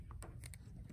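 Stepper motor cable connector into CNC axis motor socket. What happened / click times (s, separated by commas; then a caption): The connector is being handled but has not clicked home yet / none. The small plastic connector on the Y1 stepper motor cable is being handled at its axis motor socket on an Onefinity Woodworker X-50 CNC machine, over a steady low hum. Brief plastic ticks come at 0.1, 0.2, 0.5 and 0.5 seconds, the one at 0.2 seconds the sharpest. Nothing has seated or clicked in yet.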